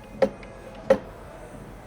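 A drawer on metal ball-bearing slides is pushed into the slide rail of a cabinet. Sharp clicks from the slide's locking tab are heard at 0.2 s and 0.9 s, with a faint tick between them. The drawer is only partly in, stopped at the locking tab, which must be pressed and pushed past before some force fully seats the bearings.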